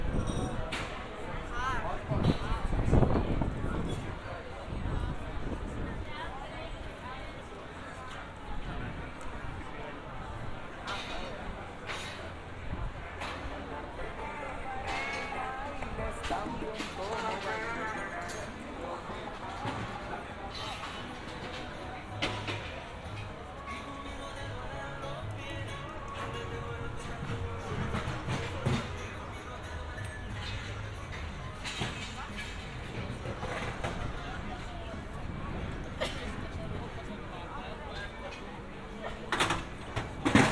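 A binaural field recording made in Amsterdam, filled with a steady wash of street sound and voices talking throughout. A low rumble swells near the start, around three seconds, and scattered clinks and sharp taps keep popping up across the whole forty seconds.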